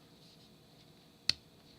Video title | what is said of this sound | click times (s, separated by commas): Wooden City V8 3D Wooden Puzzle How to Assemble Part 2 | Push it forward so it locks in place. See? | 1.3 s